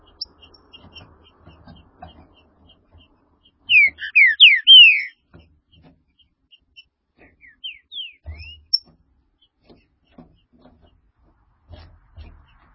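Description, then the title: Green-winged saltator song: one loud phrase of rapid, slurred, down-sweeping whistles, later a softer echo of similar notes, with faint low thumps between. "Trinca Ferro"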